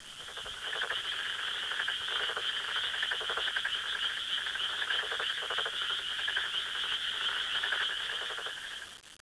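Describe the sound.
Frog calling in a continuous rapid pulsed trill lasting nearly the whole recording, steady and buzzy with a bright rasping tone throughout.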